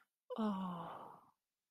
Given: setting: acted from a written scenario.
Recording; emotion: vocal sound without words; sympathy